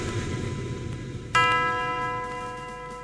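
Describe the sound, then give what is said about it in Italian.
A single bell strikes partway through, its bright, layered metallic tone ringing on and slowly fading over a steady low rumble of background noise. “Sta campana?”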